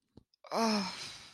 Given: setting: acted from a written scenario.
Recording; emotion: vocal sound without words; relief